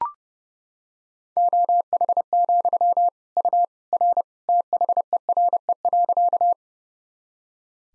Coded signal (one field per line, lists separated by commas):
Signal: Morse code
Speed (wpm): 29 wpm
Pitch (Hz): 700 Hz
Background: none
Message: OH, U R THERE.